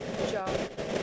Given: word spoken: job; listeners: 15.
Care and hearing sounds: one English word in noise, from a listening test; noise modulated by three-talker babble; -5.2 dB; 4 of 15; 6 of 15; 0.63 s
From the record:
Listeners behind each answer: 6, 4, 2, 2, 1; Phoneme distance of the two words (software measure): 17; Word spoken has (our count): 1 syllable, 3 phonemes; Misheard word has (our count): 1 syllable, 2 phonemes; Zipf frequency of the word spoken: 5.60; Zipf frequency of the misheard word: 3.96

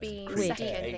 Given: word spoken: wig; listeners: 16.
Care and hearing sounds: one English word in noise, from a listening test; four-talker babble; 0.3 dB; 1 of 16; 6 of 16; 0.58 s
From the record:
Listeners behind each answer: 6, 3, 2, 1, 1, 1, 1, 1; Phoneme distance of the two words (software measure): 27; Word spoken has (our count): 1 syllable, 3 phonemes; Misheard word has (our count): 2 syllables, 4 phonemes, stress on syllable 1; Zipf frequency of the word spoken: 3.82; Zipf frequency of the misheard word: 5.90

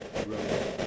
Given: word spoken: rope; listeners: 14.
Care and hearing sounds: one English word in noise, from a listening test; noise modulated by three-talker babble; -7.4 dB; 0 of 14; 7 of 14; 0.47 s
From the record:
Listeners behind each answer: 7, 4, 1, 1, 1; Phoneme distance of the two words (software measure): 10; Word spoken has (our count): 1 syllable, 3 phonemes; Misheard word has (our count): 1 syllable, 3 phonemes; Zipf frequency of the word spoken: 4.30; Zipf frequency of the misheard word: 5.28

